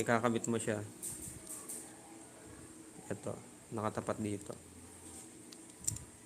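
Someone talks while handling an Ulanzi GP-4 magnetic quick release adapter for an action camera, lining it up with a GUB bike stem top cap mount. A few soft handling taps and clicks follow, with a sharper tap near 5.9 s. The adapter has not seated or snapped onto the mount yet.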